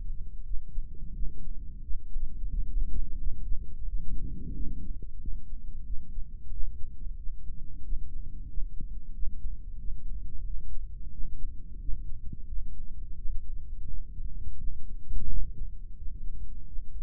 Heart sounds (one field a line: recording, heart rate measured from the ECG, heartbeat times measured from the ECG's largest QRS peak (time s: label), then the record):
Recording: heart sounds by microphone in the right ear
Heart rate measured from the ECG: 89 bpm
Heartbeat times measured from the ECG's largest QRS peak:
0.45 s: heartbeat
1.14 s: heartbeat
1.83 s: heartbeat
2.50 s: heartbeat
3.18 s: heartbeat
3.86 s: heartbeat
4.54 s: heartbeat
5.20 s: heartbeat
5.85 s: heartbeat
6.51 s: heartbeat
7.17 s: heartbeat
7.83 s: heartbeat
8.49 s: heartbeat
9.14 s: heartbeat
9.79 s: heartbeat
10.45 s: heartbeat
11.12 s: heartbeat
11.80 s: heartbeat
12.48 s: heartbeat
13.17 s: heartbeat
13.87 s: heartbeat
14.58 s: heartbeat
15.29 s: heartbeat
15.97 s: heartbeat
16.67 s: heartbeat
From the record:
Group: healthy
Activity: rest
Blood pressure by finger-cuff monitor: 170/87 mmHg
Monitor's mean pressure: 107 mmHg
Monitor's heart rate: 89 bpm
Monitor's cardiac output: 9 L/min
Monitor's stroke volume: 101 mL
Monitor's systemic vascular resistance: 890 dyn s/cm5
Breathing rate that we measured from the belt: 18 breaths a minute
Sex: male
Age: 57 years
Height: 188 cm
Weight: 106 kg